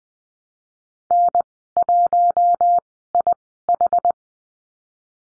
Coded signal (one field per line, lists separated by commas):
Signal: Morse code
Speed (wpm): 20 wpm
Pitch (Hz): 700 Hz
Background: none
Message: N1IH